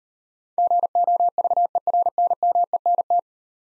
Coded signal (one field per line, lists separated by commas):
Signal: Morse code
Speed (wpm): 38 wpm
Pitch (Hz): 700 Hz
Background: none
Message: GOVERNMENT